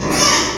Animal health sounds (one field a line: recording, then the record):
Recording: squeal of a Yucatan mini pig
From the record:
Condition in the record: before surgery on the right vocal fold (resection and tissue-engineered implant)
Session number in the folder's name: 1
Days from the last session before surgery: -3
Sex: male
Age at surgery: 12 weeks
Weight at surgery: 13 kg